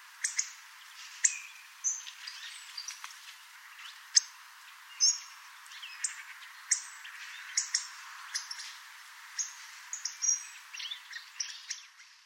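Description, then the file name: Hawfinch calls: sharp, short ticking notes given irregularly throughout, with a few thin higher chirps among them. "Grosbec"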